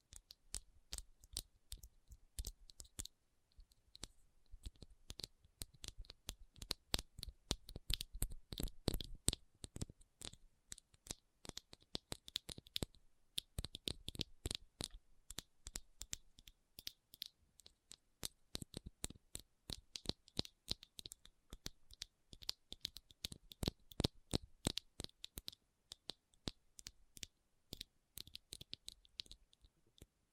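Rhinestone tapping and scratching: dense bursts of sharp, bright clicks and scrapes run almost continuously, with brief pauses near 3 and 12 seconds. The pace is quick and irregular, each tick crisp with a glittery top, over near silence.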